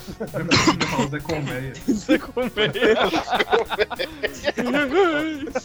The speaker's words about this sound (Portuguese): Peraí, deixa eu tossir.